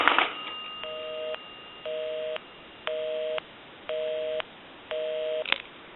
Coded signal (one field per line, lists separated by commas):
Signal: telephone call progress tone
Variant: North America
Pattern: busy tone